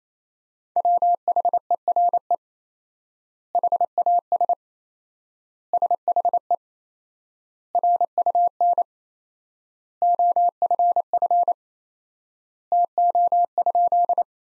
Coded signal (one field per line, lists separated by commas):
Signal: Morse code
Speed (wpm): 27 wpm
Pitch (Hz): 700 Hz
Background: none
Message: WHERE HAS SHE RUN OFF TO?